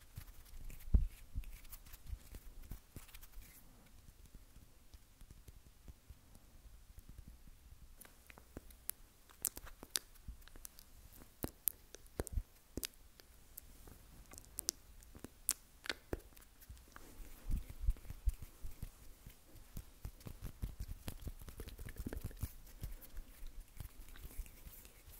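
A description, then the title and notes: Hand sounds: a dense, irregular run of crisp taps, clicks and scratches, with a few sharper snaps standing out around the middle and near the end. Underneath sits a soft, low rubbing rumble. Hand Sounds That Will Roll To The Back Of Your Head.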